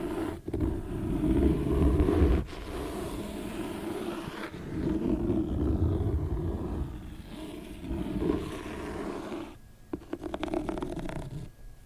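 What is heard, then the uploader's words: A book is scratched with dense, rough, continuous scraping, loudest in the opening seconds, with brief pauses near 2.5, 4.5 and 9.5 seconds. ASMR book scratching.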